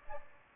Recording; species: mosquito wingbeat signal from an infrared sensor; Aedes aegypti